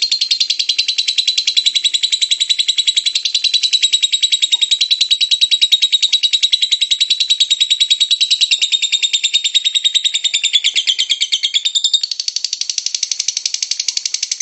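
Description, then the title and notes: Lovebird ngekek song held as one long, unbroken high-pitched chatter of fast repeated notes, shifting slightly in tone near the end. Lovebird ngekek song, described as long and used as a bait song (kicau pancingan) to prompt other lovebirds to sing. "Master Kicau Lovebird ngekek, kicau pancingan"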